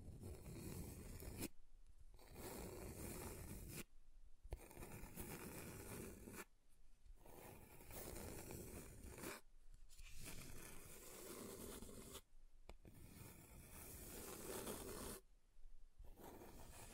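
Scratching across a table surface, with dense, gritty scraping strokes that fill the range from low rumble to bright hiss. The strokes come in bursts of two to three seconds, separated by short quieter gaps about every three seconds, and the texture shifts slightly between passes.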